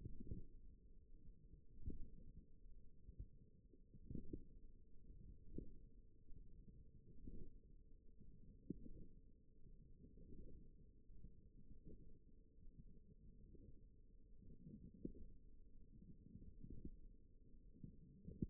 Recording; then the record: forearm muscle sounds (acoustic myography)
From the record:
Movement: wrist flexion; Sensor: system 1, eight BSWA MPA416 microphones around the upper forearm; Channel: 1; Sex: female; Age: 20 years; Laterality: right